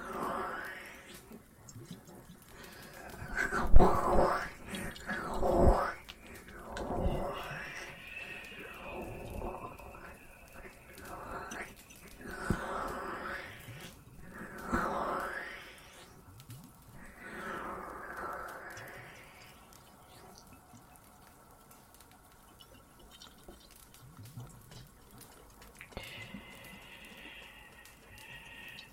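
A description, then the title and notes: Cave water drips and plops with quick gliding tones, busiest in the first twenty seconds, over a faint steady high hum that returns near the end. Cave ASMR, Water and Fireplace.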